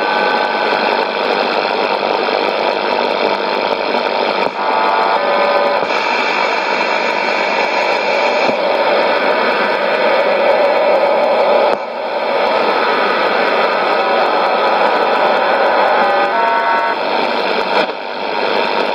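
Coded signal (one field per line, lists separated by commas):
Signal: numbers station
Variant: HM01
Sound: dense steady multitone data hiss with brief dropouts, no voice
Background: radio static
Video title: 22 11 2019 HM01 Cuban Spy Numbers station in Spanish 0718 on 9330 Bejucal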